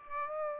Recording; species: mosquito wingbeat signal from an infrared sensor; Aedes aegypti